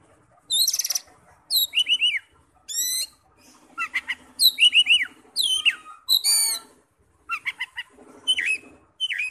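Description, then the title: Oriental magpie-robin song of crisp whistled slurs and scratchy buzzy notes, phrases given roughly every second. "Kacer"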